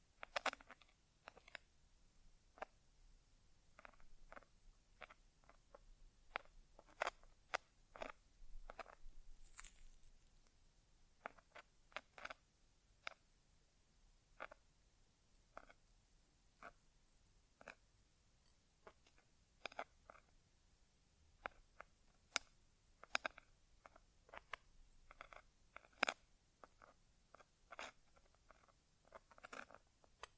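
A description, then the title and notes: An ASMR inner ear exam with no talking: sharp, crisp clicks and crackles fall irregularly throughout, sometimes singly, sometimes in quick clusters of a few per second. A brief brighter rustle stands out near ten seconds, over a very faint low hum. ASMR Inner Ear Exam (No Talking).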